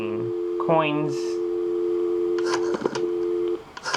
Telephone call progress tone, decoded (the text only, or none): dial tone